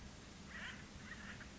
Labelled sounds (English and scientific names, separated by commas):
Acorn Woodpecker (Melanerpes formicivorus)